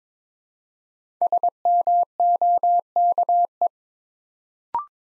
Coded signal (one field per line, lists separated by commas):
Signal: Morse code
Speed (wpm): 22 wpm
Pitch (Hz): 700 Hz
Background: none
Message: SMOKE